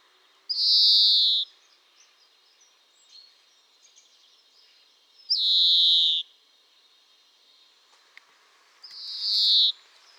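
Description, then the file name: European greenfinch calls: three long, harsh buzzy wheezes, each about a second long, with a few faint soft notes in between. "Chloris chloris"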